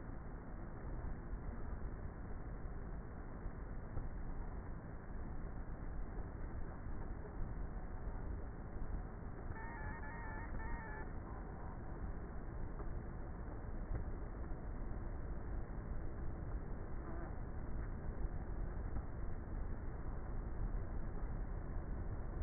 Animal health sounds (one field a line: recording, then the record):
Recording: honeybee colony, microphone inside the hive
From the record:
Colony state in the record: queenless with a low population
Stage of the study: before two queens were removed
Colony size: about 30,000 bees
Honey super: no